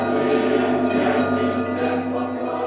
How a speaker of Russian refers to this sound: Звон в рассвете неумолкаемый, в солнце и звоне утра, Пасха красная!